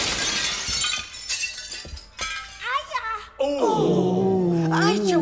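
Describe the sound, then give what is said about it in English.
A stained glass window shatters in a loud, crashing burst, with scattered tinkling shards over the first couple of seconds, followed by raised voices calling out. “Hey, watch out for the stained glass window there, lads.”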